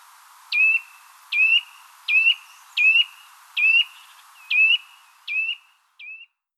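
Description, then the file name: Eurasian nuthatch repeating clear, piping whistled calls, eight notes about once every 0.8 seconds, the last ones softer. "Sitta europaea"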